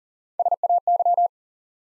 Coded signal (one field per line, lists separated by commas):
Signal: Morse code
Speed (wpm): 40 wpm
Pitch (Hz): 700 Hz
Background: none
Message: SAY